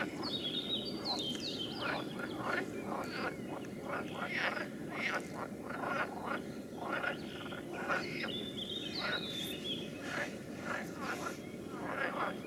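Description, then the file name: Dense frog chorus of short, knocking croaks repeating rapidly throughout. "Nature Recordings - Frogs"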